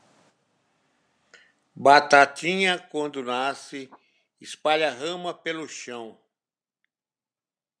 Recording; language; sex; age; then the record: short text; Brazilian Portuguese; male; 70 to 79 years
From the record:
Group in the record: control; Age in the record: 76 years